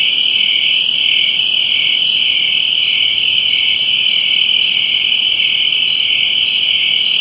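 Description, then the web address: Crickets trilling: a loud, continuous, high-pitched shrill throughout. Crickets in a jungle setting. "Spectrasonics - Heart of Africa 1 Partition H 06 JUNGLE FX CRICKETS"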